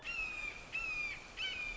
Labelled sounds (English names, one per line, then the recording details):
Red-shouldered Hawk
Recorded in Sonoma County, California